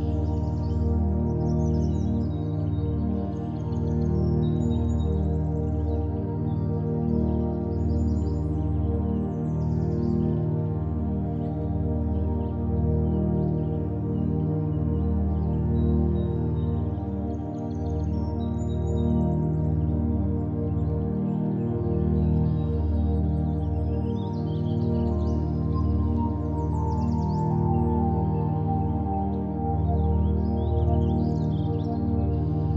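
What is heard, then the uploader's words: A nocturnal drone fills the recording: a dense, steady low hum made of many sustained tones layered together, holding an even loudness throughout. Above it, faint bright chirps and twitters flicker in and out, like birds or insects calling sporadically. Nature's Nocturnal Drone.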